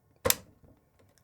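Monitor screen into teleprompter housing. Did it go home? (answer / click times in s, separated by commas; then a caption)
yes / 0.3 s. A Neewer X11 teleprompter's monitor screen, after its brightness is set to 20%, is slid back into the teleprompter hood and clicks into its mount. A sharp, loud, broadband click lands at 0.3 s, followed by a short decay and a few faint small knocks. The monitor seats.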